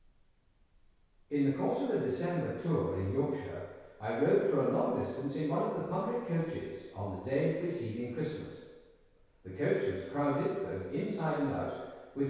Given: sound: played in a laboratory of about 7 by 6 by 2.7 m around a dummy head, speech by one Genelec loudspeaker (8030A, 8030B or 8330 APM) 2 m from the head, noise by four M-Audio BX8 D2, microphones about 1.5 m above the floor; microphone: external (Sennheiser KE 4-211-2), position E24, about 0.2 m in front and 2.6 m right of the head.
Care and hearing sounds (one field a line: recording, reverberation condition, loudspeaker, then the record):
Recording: male speech in English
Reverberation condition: high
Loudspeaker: 150 degrees to the right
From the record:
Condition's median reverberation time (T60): about 1300 ms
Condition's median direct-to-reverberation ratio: about -4.0 dB